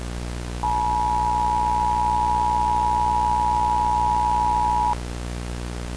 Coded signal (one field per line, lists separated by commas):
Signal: Emergency Alert System (SAME) tones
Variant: 853 and 960 Hz attention tone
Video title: EAS Scenario: Lurkers Unleashed